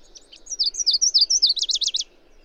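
Bird song, a quick run of high, thin sliding whistles that speeds into a rapid, even trill before stopping abruptly.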